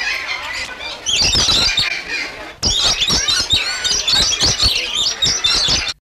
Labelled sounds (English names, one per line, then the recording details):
Violet-necked Lory call
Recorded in captivity
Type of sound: call
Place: Vogelpark Walsrode, Niedersachsen, DE
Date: 1974-07-24
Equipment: Halbspur, 9,5 cm/s
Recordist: Lütgens, Hans
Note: Rufe